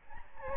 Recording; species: mosquito wingbeat signal from an infrared sensor; Aedes albopictus